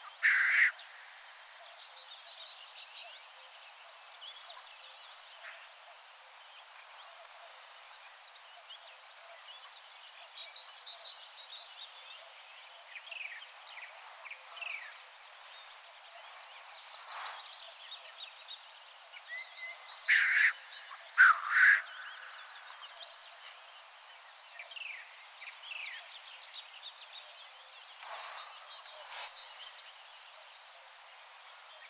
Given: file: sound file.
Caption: Representative recording of black grouse hissing call from Finland.